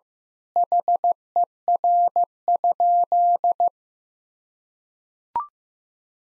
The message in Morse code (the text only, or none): HER?